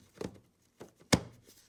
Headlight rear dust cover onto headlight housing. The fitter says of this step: it aligned slight turn to lock and it's sealed back up